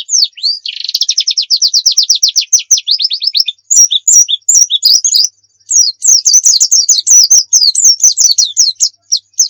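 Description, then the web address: White-eye song opening with a buzzy note and a long rapid trill, followed by varied high twittering phrases. Pleci of the muria type, a song used as training audio for birds. "pleci muria. masteran pleci"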